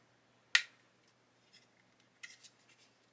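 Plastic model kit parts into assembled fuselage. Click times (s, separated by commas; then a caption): 0.6 s, 2.2 s. Plastic parts of a Meng 1/72 Harkonnen Ornithopter scale model kit are pushed repeatedly by hand into the assembled fuselage. A sharp, bright click at 0.6 s and a softer cluster of clicks starting at 2.2 s are heard, with faint ticks in between. The pieces seat into place.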